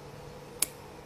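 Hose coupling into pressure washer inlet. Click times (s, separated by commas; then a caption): 0.6 s. A high-pressure hose's plastic coupling is fitted onto the rear water inlet of a Bossman BPC18 pressure washer. Against a quiet, steady background, a single sharp, bright click sounds at 0.6 s. The coupling is tight and seated.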